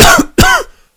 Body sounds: coughing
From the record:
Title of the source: Coughing 51

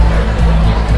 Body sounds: background sound without coughing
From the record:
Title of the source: Party Noise 1 Hour Party Ambience

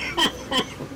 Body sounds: coughing mixed with background sound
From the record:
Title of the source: Dry Coughing Fit in the Afternoon.

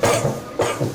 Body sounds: coughing mixed with background sound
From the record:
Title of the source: Cough Around the Clock!

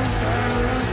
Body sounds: coughing mixed with background sound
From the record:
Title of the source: 1125 Coughing SOUND Effect

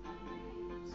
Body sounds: background sound without coughing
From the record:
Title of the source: BackgroundMusic3

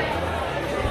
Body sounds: background sound without coughing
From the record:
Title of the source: CITY SOUNDS Busy Bar in the Evening Night - 2 HOURS of Ambiance for Relaxation

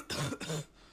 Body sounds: coughing mixed with background sound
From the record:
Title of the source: Wet coughing

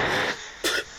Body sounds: coughing mixed with background sound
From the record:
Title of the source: 55 gaggy wet cough

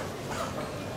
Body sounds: coughing mixed with background sound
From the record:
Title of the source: Spring Cold Coughing 2

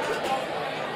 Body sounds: coughing mixed with background sound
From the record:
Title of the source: 61 morning phlegmy cough...again

